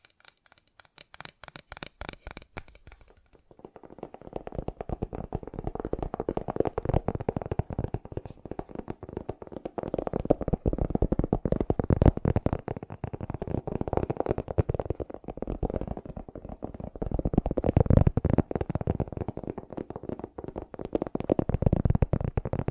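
Fast ASMR tapping, a dense run of quick, closely packed taps that continues without pause. The first few seconds sound thinner and brighter, then the tapping turns fuller and lower, with loudness surging and easing in waves, peaking around 18 and 22 seconds.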